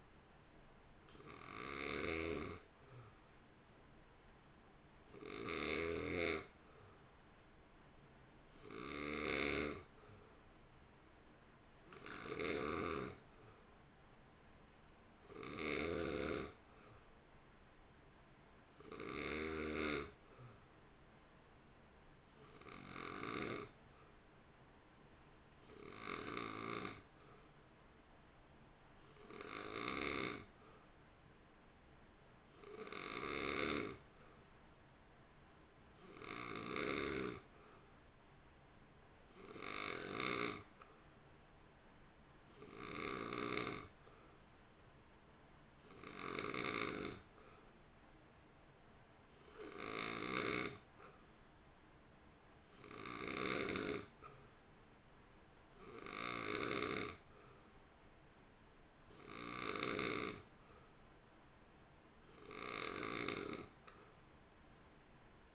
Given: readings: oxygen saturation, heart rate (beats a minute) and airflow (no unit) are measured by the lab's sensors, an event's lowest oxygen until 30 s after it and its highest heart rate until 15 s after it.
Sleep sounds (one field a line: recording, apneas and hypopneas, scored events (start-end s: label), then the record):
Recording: breathing in sleep by a voice recorder at the bedside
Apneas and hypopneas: none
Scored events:
none scored
From the record:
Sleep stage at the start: N2 (light sleep)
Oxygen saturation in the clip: 90 to 91%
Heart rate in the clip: 54 to 58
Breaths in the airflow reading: 23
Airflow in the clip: -1.3 to 1.1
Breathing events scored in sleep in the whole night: 328 in 6.3 hours asleep